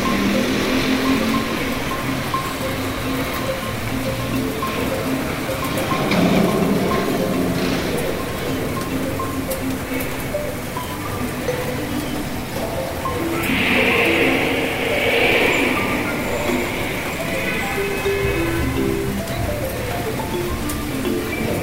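Rain falls steadily on a city street, a dense, even hiss that fills the whole 22 seconds. Faint voices and passing traffic murmur underneath, and a brighter whooshing swell rises around the middle, near 13 to 16 seconds, before settling back.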